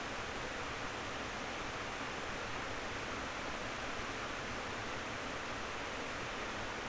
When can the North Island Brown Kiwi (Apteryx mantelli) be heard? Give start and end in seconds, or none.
none